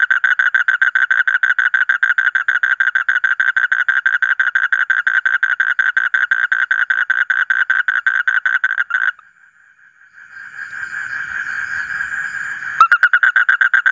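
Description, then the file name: Asian common toad calling in long runs of rapid rasping pulses, broken by a gap of hiss and low rumble before the pulses return. "suara kodok bangkong kolong kodok buduk"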